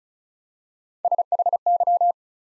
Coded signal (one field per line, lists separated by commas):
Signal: Morse code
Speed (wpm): 36 wpm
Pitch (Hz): 700 Hz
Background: none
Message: SHY